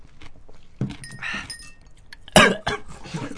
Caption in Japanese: むせんだし喉冷たくなると咳止まらなくなる。